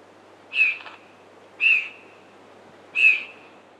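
Fawn-breasted bowerbird uttering three short, bright, whistled notes spaced a little over a second apart, each trailing into a thin fading tone.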